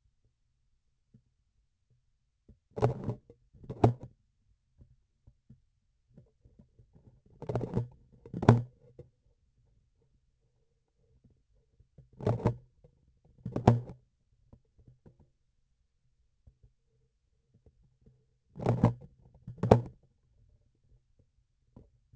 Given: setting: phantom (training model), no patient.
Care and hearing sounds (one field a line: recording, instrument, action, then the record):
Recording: laparoscopic instrument, vibration sensor on the handle end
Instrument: grasping forceps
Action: opening and closing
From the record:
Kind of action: tool actuation without material contact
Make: other than Olympus